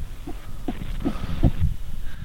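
Rapid, regular whooshing Doppler beats: a normal fetal heart rate.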